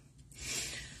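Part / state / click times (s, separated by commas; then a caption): ink blending tool into its click storage holder / not seated / none. A used ink blending tool is handled as it is brought back toward its plastic click storage holder. A soft broadband rustle swells from about 0.3 s, peaks near 0.6 s and fades slowly, with no sharp transient. The tool has not yet seated or clicked into the holder.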